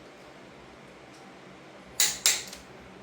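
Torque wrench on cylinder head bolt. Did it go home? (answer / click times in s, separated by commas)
yes / 2.0 s, 2.3 s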